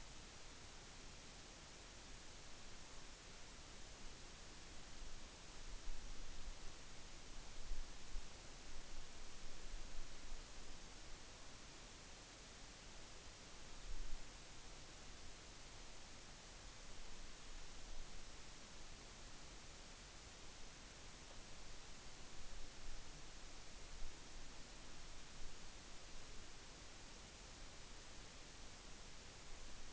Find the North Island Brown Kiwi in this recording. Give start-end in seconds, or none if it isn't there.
none